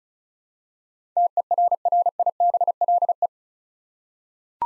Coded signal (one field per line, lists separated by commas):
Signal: Morse code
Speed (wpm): 36 wpm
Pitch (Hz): 700 Hz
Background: none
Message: TERRIBLE